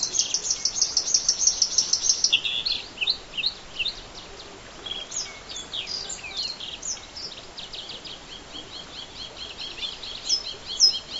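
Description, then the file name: Bluethroat song opening with a loud, rapid, rattling trill, then shifting into varied high twittering phrases and scattered chirps. Black-faced bunting and dusky warbler songs in background. "L svecica-song backgr-E spod-Ph fusc-songs"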